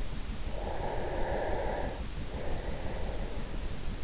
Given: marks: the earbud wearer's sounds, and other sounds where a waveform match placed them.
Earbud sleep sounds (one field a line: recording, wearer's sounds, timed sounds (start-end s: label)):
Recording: sounds in sleep by an in-ear microphone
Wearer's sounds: breath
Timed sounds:
0.28-3.49 s: breath